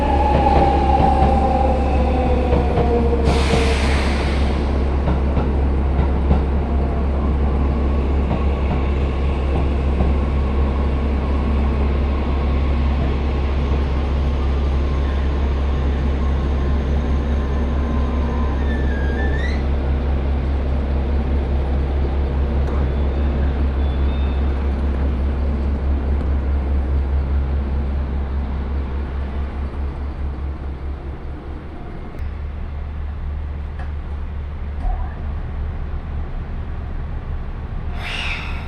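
A train ride on the Chūō West Line from Ena toward Kōzōji, with a steady low rumble running throughout. Faint squeals and brief bright hisses break in near the start, around 19 seconds, and at the end, while the rolling drone shifts slightly after 32 seconds.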